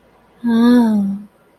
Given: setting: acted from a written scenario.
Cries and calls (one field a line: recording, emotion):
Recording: vocal sound without words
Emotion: ecstasy